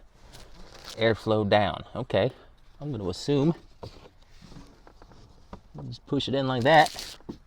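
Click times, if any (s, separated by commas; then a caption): none. During a cabin air filter change, the filter and its cover are handled at the housing behind the glovebox while someone talks. Soft rustling and brief taps come between the speech as the cover is lined up to be pushed in. Nothing has seated or clicked yet.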